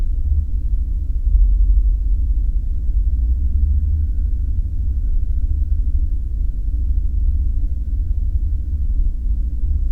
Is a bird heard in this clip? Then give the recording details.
no. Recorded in the Prudhoe Bay oil fields, Alaska, on 5 September 2019 at 00:48. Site 14